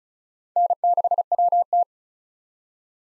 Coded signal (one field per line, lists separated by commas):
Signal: Morse code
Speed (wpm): 36 wpm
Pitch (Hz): 700 Hz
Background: none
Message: N6WT